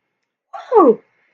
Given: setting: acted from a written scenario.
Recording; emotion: vocal sound without words; triumph